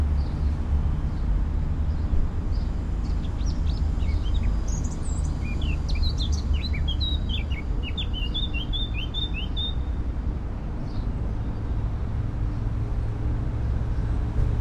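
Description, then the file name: Eurasian blackcap song, starting as a soft, twittering warble and moving into a run of whistled, fluty notes, with a constant low background hum. "Sylvia atricapilla"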